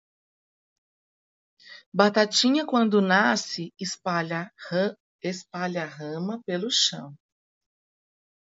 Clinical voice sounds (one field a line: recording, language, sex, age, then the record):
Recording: short text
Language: Brazilian Portuguese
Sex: female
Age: 40 to 49 years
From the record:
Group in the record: control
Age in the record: 49 years